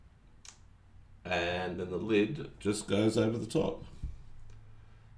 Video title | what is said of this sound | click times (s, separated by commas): Roast Pork on the Weber BabyQ with rotisserie. How did it turn out? Pretty bloody awesome. | you put on actual Grille and you can see there it's moving that out of the way you can see that it just clicks into place | 0.5 s